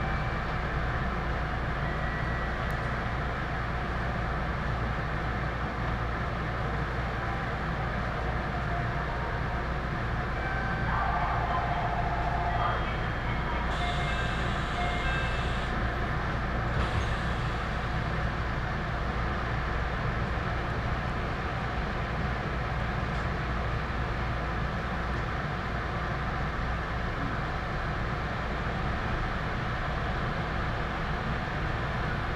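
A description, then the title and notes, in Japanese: A Tokaido Line local train runs between Minami-Odaka and Nagoya, its rumble and motor drone steady and dense throughout. A low hum sits underneath. Around the 11–17 second mark a brief higher tone and a brighter hiss pass over the constant running noise. 東海道本線 普通列車 南大高→名古屋。東海道本線の普通列車はこまめに停車していくので、モーター音がよく聞こえます。４両編成。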